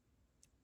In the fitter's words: pops, right?